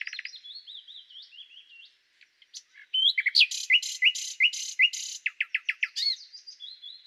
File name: Luscinia megarhynchos